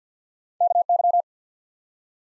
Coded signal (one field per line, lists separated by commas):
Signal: Morse code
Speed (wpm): 47 wpm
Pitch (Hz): 700 Hz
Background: none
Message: KY